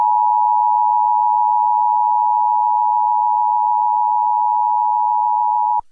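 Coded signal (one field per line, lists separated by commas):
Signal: Emergency Alert System (SAME) tones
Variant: 853 and 960 Hz attention tone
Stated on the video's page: Reenactment mock of a tornado warning, recreated with a FIOS EASyPlus screen; valid EAS tones.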